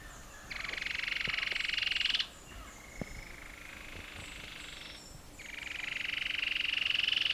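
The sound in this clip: Cherrie's antwren giving long rapid trills, two main bursts with a quieter trill between, a few faint clicks and a low hum.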